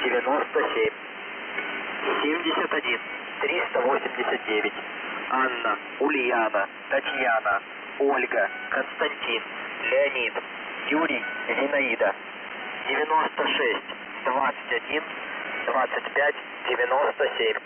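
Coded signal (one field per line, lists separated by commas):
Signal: coded military voice message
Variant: Squeaky Wheel, Russian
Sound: russian voice reads numbers, spells a word with phonetic-alphabet names, ends 'priyom'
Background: radio static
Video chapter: 01:03 сообщение в фонетической азбуке 01:19 priyom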